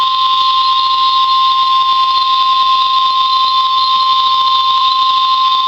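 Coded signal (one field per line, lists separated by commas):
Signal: Emergency Alert System (SAME) tones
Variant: 1050 Hz attention tone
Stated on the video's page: North Carolina required monthly test for a tornado drill, aired on FM station WERX-FM 102.5.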